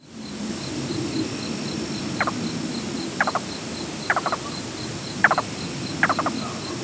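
Yellow-billed cuckoo call: short hollow knocking notes, each a quick cluster of pulses, repeated about once a second, over a steady faint high ticking.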